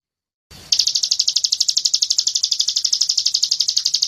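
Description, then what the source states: Bird trill starts abruptly and continues as a rapid, evenly pulsed high-pitched buzz to the end. Masteran recording used as a training model for songbirds.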